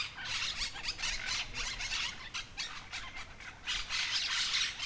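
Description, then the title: Monk parakeets in a noisy group, shrill raspy squawks and squeals overlapping constantly. Noisy group of birds chattering together for a while in a town street, Humanes de Madrid, Madrid, Spain; recorded with a Zoom H1n recorder. "Calle Lavadero, 3, 28970 Humanes de Madrid, Madrid, España - Grupo de Cotorras Argentinas [Myiopsitta monachus]"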